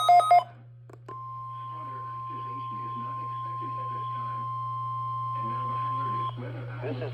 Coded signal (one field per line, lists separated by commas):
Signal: Emergency Alert System (SAME) tones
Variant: 1050 Hz attention tone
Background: speech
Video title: RWT of 2/14/24 [EAS #47 - 48]